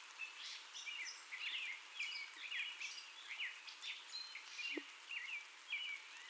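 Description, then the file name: Gray catbird song, soft rambling phrases of chips and slurred notes, with a faint click partway through. First song of the gray catbird, recorded on 30 May 2021. "2021-05-30 Catbird First Song"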